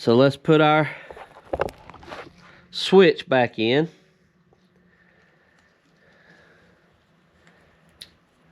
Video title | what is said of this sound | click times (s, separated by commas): Yamaha TW200 Running Issues and Carburetor Overhaul | Snaps right in. That's good. | 8.0 s